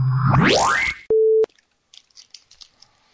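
A loud rising whoosh and a short steady beep give way to a run of faint, crunchy chewing noises, quick irregular bites with no talking.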